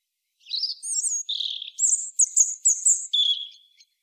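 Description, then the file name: European robin singing a flowing phrase of high pure whistles, a lower warble and a series of sharp, very high notes, ending on a level tone. "Erithacus rubecula"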